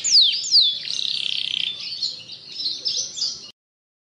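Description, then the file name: Atlantic canary song fragment: two sharp falling whistles, then a dense, slightly scratchy warble with a brief fast trill, ending abruptly after three and a half seconds. Canary singing continuously without pause, a song style called ngebren. "Suara Kenari Ngebren"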